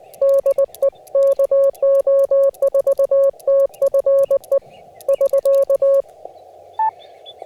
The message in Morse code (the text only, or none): DE KO4TFE <SK>